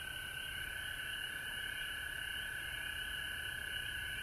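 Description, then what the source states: Dense frog chorus, overlapping high-pitched trills merging into one steady ringing wall of sound. Recorded at home in Georgia on March 19, 2020.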